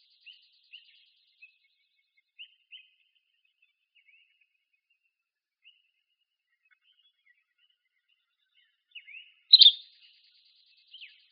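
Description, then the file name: Buff-breasted flycatcher calls: short high chirps scattered throughout, then a louder burst of sharp notes near the end. Recorded in Arizona on 3 August 2006. "AZFO BBFL 2 deviche 060803"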